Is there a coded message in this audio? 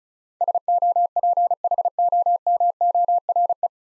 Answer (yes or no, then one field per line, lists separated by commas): yes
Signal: Morse code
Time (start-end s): 0.4-3.7 s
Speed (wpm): 36 wpm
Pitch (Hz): 700 Hz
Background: none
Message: SOPHOMORE